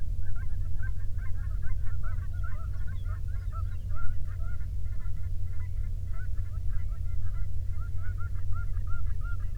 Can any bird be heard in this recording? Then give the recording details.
yes. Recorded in the Prudhoe Bay oil fields, Alaska, on 13 June 2019 at 00:09. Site 24